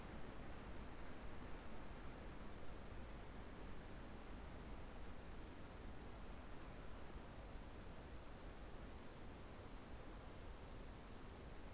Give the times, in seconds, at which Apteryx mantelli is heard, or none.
none